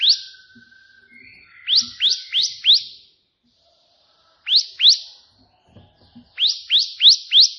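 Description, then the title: Prinia song of rapid upswept buzzy notes in runs of four, two and four, over a faint steady whistle tone near the start. Three song variations ('tembakan') of a prenjak putih, offered as tutoring material (masteran) for pet prinias. "3 VARIASI TEMBAKAN prenjak putih ini COCOK untuk masteran prenjak anda"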